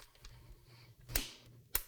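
A torque wrench is rotated on screw number 2 of the sTR4 CPU socket cover on an ASRock X399 Taichi motherboard holding an AMD Ryzen Threadripper 1950X, until it clicks at its setting. Soft ticking is followed by a sharp snap at about 1.2 s, and the wrench's confirmed click lands at 1.8 s.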